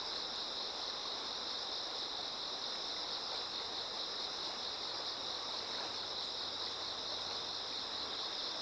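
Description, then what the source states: Insects singing in a steady, unbroken high trill with many callers blended together, over the constant broad rush of flowing water. Many insects singing in chorus beside a slowly flowing river.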